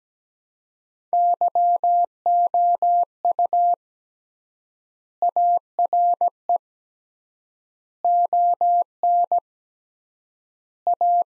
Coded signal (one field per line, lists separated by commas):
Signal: Morse code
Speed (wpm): 17 wpm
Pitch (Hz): 700 Hz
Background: none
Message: YOU ARE ON A